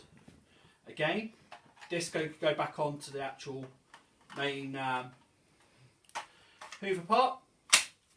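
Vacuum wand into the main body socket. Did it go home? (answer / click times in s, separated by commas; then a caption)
yes / 7.7 s. Someone talks while pushing the wand of a Shark Powered Lift-Away vacuum (NV680UKT) back into the main body socket, and the plastic latch gives a sharp click at 7.7 s. The click locks the wand in position, so the wand is seated.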